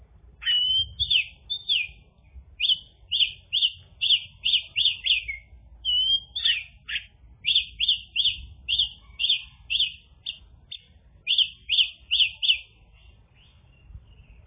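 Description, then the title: Bird song: a bright chirped phrase repeated many times in quick succession, with a brief pause midway. "kikicau"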